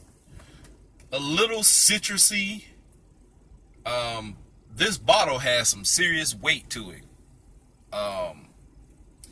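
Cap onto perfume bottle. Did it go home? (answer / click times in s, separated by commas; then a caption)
yes / 9.2 s. Someone talks while putting the cap back on a heavy perfume bottle. A single sharp snap comes at 9.2 s as the cap seats onto the bottle.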